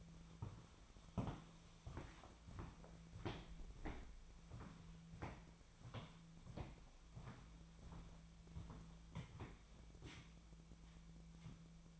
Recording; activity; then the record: daily activity, microphone in the room; walk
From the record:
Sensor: 1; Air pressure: 1008.2 hPa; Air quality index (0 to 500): 192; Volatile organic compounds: 17 ppm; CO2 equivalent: 2598 ppm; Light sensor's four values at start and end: 16/40/16/18 and 15/38/15/17